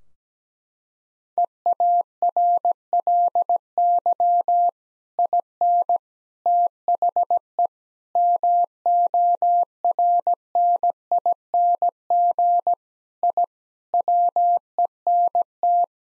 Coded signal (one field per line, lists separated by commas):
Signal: Morse code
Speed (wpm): 17 wpm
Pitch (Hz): 700 Hz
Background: none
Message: EARLY IN THE MORNING I WENT